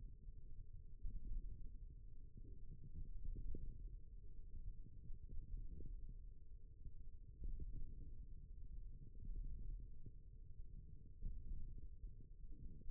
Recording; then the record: forearm muscle sounds (acoustic myography)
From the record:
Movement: wrist extension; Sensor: system 1, eight BSWA MPA416 microphones around the upper forearm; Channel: 2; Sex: female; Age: 21 years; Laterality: right